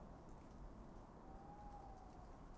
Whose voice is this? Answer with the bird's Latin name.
Strix aluco